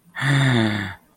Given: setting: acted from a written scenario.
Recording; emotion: vocal sound without words; awe